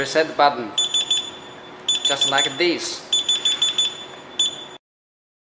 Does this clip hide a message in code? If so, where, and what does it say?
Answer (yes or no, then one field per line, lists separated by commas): no